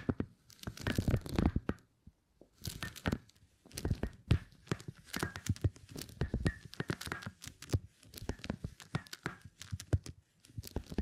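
Beeswax is handled in a busy run of crinkly, crackling and tearing sounds, with sharp clicks and pops coming in quick, uneven bursts. A short pause near two seconds breaks the activity, and then the dense crackling resumes and carries on to the end.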